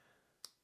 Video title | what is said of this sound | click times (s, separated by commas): Say Goodbye to Holiday Hassles with These Lights | there's like a nice satisfying like little click when you | 0.4 s